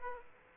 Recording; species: mosquito wingbeat signal from an infrared sensor; Aedes aegypti